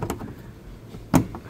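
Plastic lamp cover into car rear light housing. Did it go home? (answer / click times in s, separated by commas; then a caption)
yes / 1.2 s. A plastic lamp cover is pressed into the rear light housing of a Hyundai Kona while fitting an AUXITO W5W T10 LED peanut bulb (Canbus), after an earlier pop that shows it has locked. Faint clicks near the start give way to a sharp, loud click at 1.2 s, followed by a softer tick. The cover is seated and locked in place.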